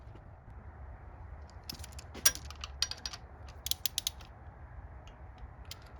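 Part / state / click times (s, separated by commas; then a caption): VTEC solenoid bolt torqued into the engine cylinder head / torque reached / 2.3 s. A torque wrench set to 6 ft-lbs tightens one of the three bolts holding the front VTEC solenoid to the engine cylinder head on an RL5 fourth-generation 2011–2017 Honda Odyssey during a gasket replacement for a leak. After several ratchet strokes, the wrench breaks over with a sharp click at 2.3 s, confirming the bolt has reached torque. Short metallic ratchet ticks follow around 2.8 s and between 3.7 and 4.1 s over a low background hum.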